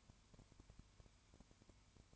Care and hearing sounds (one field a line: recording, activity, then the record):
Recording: daily activity, microphone in the room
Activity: no activity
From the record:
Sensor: 2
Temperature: 20.0 degrees Celsius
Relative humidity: 32.1%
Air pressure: 1001.1 hPa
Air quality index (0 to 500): 54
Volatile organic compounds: 1 ppm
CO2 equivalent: 601 ppm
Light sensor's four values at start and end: 2/3/2/2 and 2/3/2/2